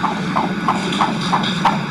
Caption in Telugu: బేబీ హార్ట్ బీట్. ఇది మీ బేబీ హార్ట్ బీటే. ఇప్పుడు బేబీ హెల్దీగానే ఉన్నట్ట.